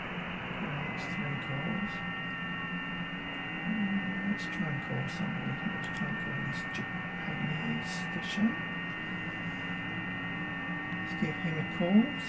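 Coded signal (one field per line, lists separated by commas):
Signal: FT8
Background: speech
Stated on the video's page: Amateur FT8 and FT4 contacts with stations around the world.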